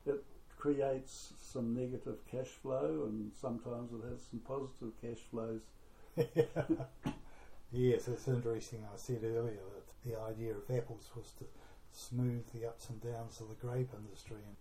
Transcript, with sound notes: It creates some negative cashflow, and sometimes it has some positive cashflows… [Chuckle] Yes, it’s interesting. I said earlier that the idea of apples was to smooth the ups and downs of the grape industry, and…